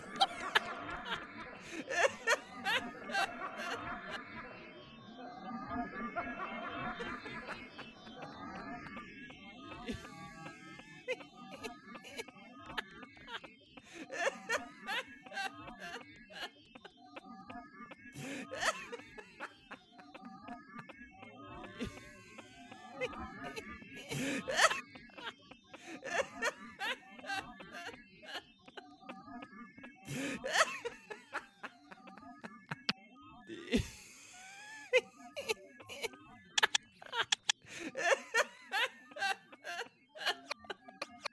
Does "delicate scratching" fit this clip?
no